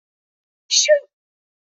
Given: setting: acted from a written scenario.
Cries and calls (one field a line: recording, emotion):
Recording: vocal sound without words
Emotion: disappointment